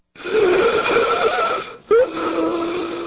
The sound of an asthma attack.